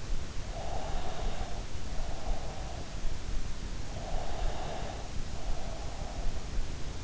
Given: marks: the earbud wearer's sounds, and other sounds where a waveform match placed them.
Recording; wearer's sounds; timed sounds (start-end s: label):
sounds in sleep by an in-ear microphone; breath
0.29-2.58 s: breath
3.78-6.07 s: breath